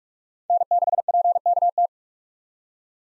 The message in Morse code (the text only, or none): N6PKT